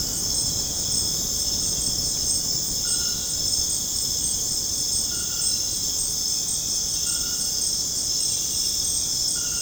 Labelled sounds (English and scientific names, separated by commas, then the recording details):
none
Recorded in dense forest near Puerto Asís, Putumayo, Colombia, on 29 June 2025 at 20:00
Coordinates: 0.486, -76.317
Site G065